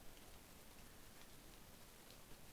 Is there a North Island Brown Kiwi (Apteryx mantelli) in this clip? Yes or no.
no